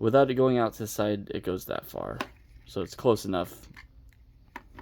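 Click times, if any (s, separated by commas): 4.6 s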